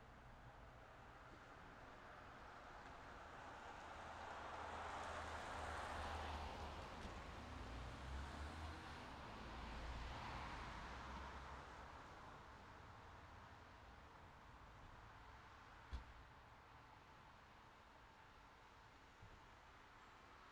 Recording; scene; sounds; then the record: everyday scene through a hearing-aid microphone; in traffic; traffic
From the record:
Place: city secondary road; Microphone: in the ear canal, left